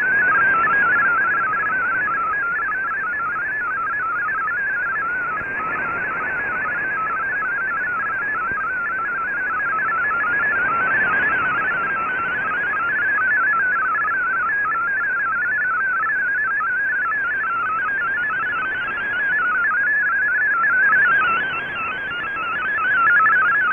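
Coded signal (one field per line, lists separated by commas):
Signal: multi-tone FSK (Olivia or MFSK type)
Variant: MFSK32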